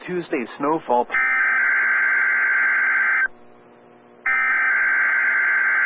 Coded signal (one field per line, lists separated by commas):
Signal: Emergency Alert System (SAME) tones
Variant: header bursts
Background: speech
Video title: DMX 7 pm test EAS 2043